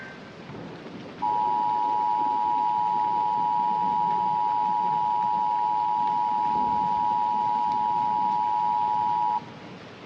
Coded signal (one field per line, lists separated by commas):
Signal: Emergency Alert System (SAME) tones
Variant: 853 and 960 Hz attention tone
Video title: BLOOD RAIN [EAS MOCK]